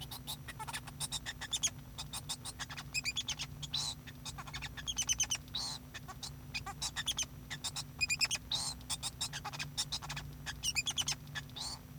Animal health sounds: song of a male Bengalese finch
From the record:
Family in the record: son of father 2

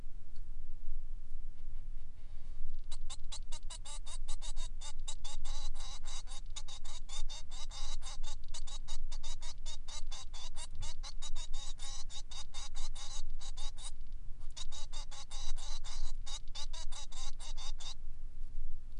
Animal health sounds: song of a male Bengalese finch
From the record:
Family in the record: son of father 3

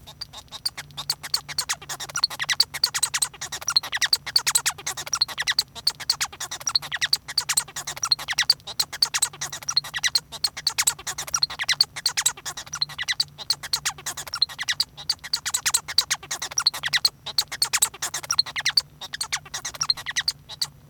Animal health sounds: song of a male Bengalese finch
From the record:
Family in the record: son of father 1

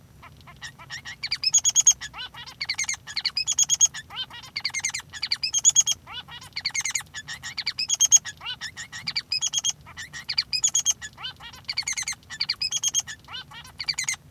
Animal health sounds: song of a male Bengalese finch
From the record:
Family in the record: son of father 3

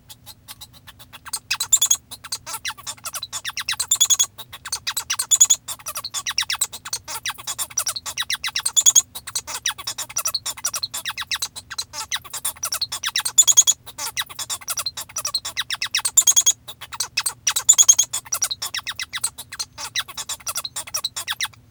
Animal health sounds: song of a male Bengalese finch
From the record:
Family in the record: father 1

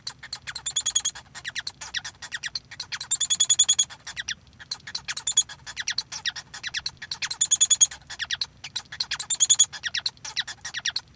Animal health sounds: song of a male Bengalese finch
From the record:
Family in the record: son of father 1

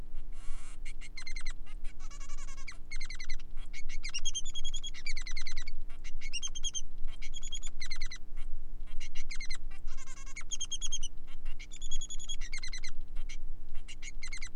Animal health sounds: song of a male Bengalese finch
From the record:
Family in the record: son of father 3

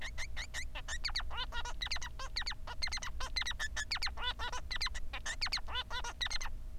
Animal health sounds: song of a male Bengalese finch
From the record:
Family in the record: son of father 3

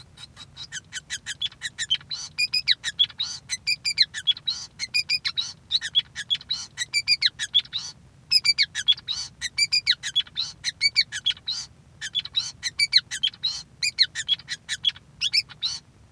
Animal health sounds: song of a male Bengalese finch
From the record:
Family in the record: son of father 5

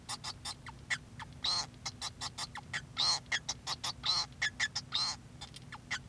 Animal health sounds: song of a male Bengalese finch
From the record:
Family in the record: son of father 2

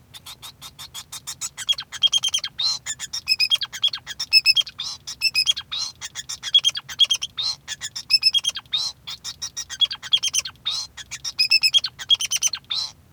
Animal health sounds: song of a male Bengalese finch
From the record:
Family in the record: son of father 2

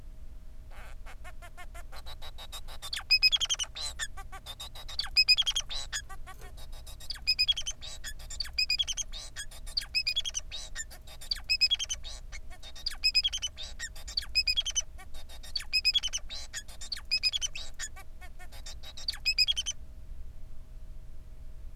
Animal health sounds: song of a male Bengalese finch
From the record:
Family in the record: son of father 4

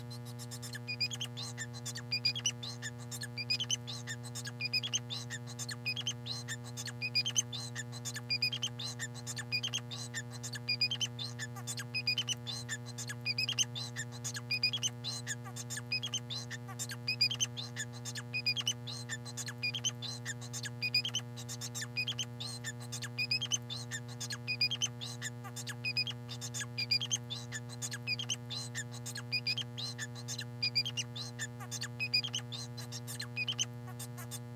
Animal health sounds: song of a male Bengalese finch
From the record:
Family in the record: son of father 4

